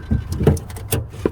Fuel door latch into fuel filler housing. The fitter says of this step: there you go you hear the click okay it's